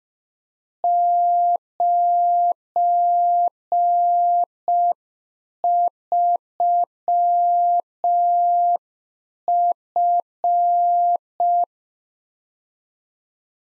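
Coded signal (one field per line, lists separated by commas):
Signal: Morse code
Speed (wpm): 5 wpm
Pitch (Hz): 700 Hz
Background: none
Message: 93F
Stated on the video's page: Practice QSO at 5 wpm, one-sided complete exchange, each segment sent in Morse, spoken, then sent again for head-copy.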